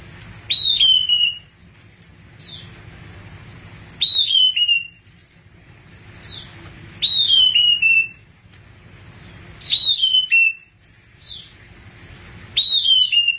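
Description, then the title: Thrush repeating a clear descending whistled phrase about every three seconds, each followed by short high notes. "burung anis x"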